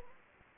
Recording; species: mosquito wingbeat signal from an infrared sensor; Anopheles gambiae